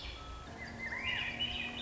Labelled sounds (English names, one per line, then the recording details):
Swainson's Thrush
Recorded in Sonoma County, California